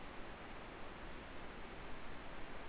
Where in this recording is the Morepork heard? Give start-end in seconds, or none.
none